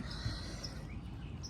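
An air hose's quick-connect fitting is handled at the port of a portable tire compressor, with steady low background noise, faint high-pitched outdoor chirping, and a brief sharp sound at 0.6 s. The clip ends before the fitting is twisted home, so nothing has seated or locked yet.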